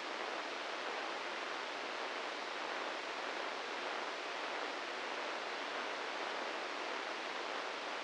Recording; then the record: brain microelectrode recording played as sound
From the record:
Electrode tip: inside the subthalamic nucleus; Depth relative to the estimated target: 2 mm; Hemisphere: right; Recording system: NeuroSet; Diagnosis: Parkinson's disease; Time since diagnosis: 15 years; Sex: male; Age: 65 years